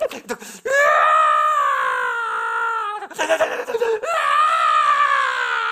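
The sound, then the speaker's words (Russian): A man's voice imitates how he sobbed in a church at age 23, letting out long, trembling high-pitched wails broken by a short choppy catch of breath midway, then another quavering drawn-out cry. “Я плакал вот так.”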